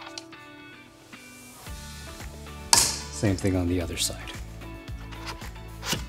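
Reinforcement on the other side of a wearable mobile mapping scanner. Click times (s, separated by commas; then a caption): 2.7 s. Reinforcement on the other side of a NavVis VLX wearable mobile mapping scanner is screwed in with the included screwdriver, with music playing and someone talking. A loud click sounds at 2.7 s, showing the second reinforcement is seated like the first side.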